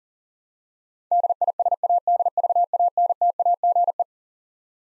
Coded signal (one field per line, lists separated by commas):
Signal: Morse code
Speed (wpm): 40 wpm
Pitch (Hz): 700 Hz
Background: none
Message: DISADVANTAGE